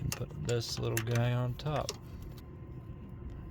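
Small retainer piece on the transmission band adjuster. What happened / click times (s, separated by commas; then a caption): Handled, not yet home: the small part is placed but no seating click is heard / none. A small retainer piece is placed on top of the band adjuster inside a 47RE transmission from a 2nd gen Dodge, right after the band adjuster lock nut has been tightened. Someone talks over light metallic handling and faint clatter, with low background hum. The part has not seated or clicked yet when the clip ends.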